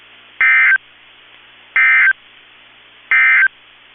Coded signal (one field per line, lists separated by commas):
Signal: Emergency Alert System (SAME) tones